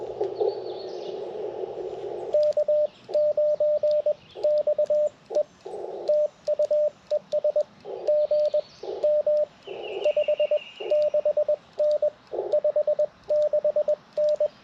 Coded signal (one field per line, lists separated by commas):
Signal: Morse code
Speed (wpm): 21 wpm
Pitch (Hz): 600 Hz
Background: radio noise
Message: K9XE TU ES GM 56N 56N